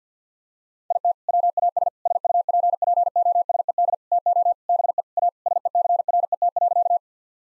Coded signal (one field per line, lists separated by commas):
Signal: Morse code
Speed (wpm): 50 wpm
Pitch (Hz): 700 Hz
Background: none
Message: IT WAS SUPPOSED TO BE A SECRET.